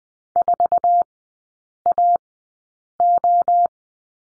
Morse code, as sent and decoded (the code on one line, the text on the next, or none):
....- .- ---
4AO